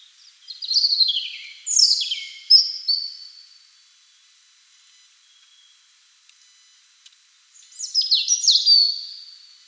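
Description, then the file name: European robin song of rapid, high, descending twittering notes in short bursts, a quiet pause, then another tumbling phrase. "Erithacus rubecula"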